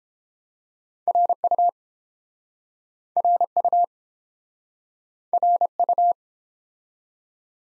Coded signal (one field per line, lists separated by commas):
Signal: Morse code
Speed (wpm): 28 wpm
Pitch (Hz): 700 Hz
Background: none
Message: RU RU RU